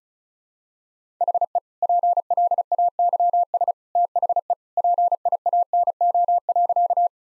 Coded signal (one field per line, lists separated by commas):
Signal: Morse code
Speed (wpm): 36 wpm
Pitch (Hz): 700 Hz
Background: none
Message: HE PLAYS THE PIANO.